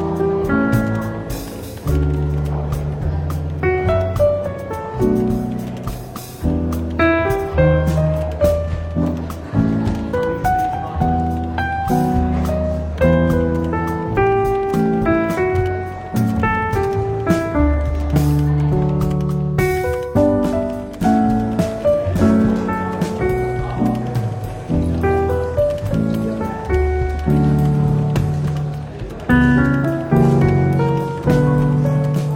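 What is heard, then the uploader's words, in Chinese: Soft, relaxed jazz plays in a London bookshop café, with a walking bass line beneath mellow chords and melody notes that shift every beat or two. The music stays at an even level throughout, with light taps and clicks scattered across it. 伦敦书店咖啡馆轻微喧闹氛围与柔和轻松的爵士背景音乐。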